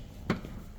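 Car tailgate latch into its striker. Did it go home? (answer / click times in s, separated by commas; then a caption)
yes / 0.3 s. A hand presses on a car tailgate that was not fully closed, right at the lock position, until its latch engages into the striker. A single short, sharp click sounds at 0.3 s against a quiet background. The tailgate latch clicks shut and the tailgate is now closed.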